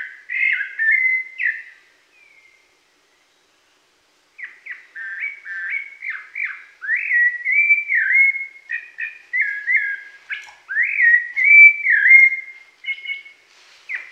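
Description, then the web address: Rufous-bellied thrush singing rich whistled phrases: a short opening burst, a pause, then a long, varied run of slurred, warbling notes. Pantanal, Brazil. "sescpantanal. Sabia laranjeira"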